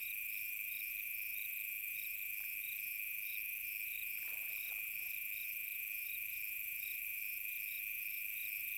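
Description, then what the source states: Cricket chirps pulsing rhythmically over a steady high trill, with a brief faint lower sound midway. Recorded on a summer night.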